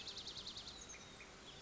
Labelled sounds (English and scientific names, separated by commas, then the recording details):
Oak Titmouse (Baeolophus inornatus)
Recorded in Sonoma County, California